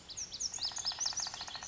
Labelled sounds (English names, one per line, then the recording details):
Lazuli Bunting
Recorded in Sonoma County, California